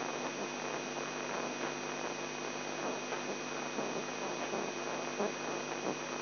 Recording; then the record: brain microelectrode recording played as sound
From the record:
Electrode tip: outside the subthalamic nucleus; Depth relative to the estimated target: 3 mm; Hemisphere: left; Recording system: AlphaMap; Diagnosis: Parkinson's disease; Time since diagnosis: 11 years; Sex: male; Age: 42 years